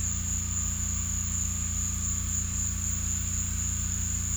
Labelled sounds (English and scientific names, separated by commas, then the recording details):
none
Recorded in secondary vegetation near Puerto Asís, Putumayo, Colombia, on 18 December 2024 at 15:30
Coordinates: 0.485, -76.322
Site GP08